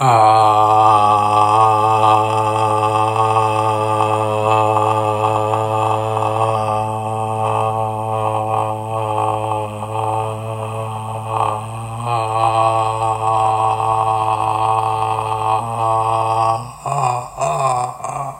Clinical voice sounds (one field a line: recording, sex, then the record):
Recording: sustained vowel /a/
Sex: male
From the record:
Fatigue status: no fatigue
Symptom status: asymptomatic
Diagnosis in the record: COVID-19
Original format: m4a